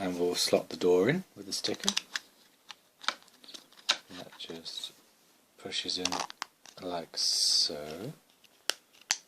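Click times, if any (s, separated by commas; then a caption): 8.7 s, 9.1 s. Someone talks while pushing a plastic door piece with a sticker, from a Millennium Falcon scale model, into its slot in the hull section. Two sharp clicks are heard at 8.7 s and 9.1 s as the door snaps and seats firmly in the frame.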